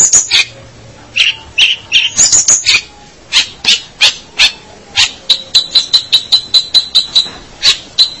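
Long-tailed shrike song: grating rasps and high whistled notes, then a fast, even series of short ticking notes.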